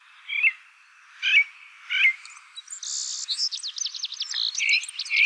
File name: Merlo Dal Collare